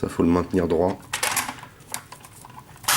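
Someone talks while handling a Kenner M.A.S.K. Bulldoze transforming toy truck: the plastic roof and cabin are folded back over, and the bumper is pulled and held straight, ready to be pushed home into the truck body. Light plastic taps and rattles come at about 1.2, 1.9, 2.1 and 2.3 s, followed by a louder broadband burst at 2.9 s. Nothing has seated or clicked into place yet.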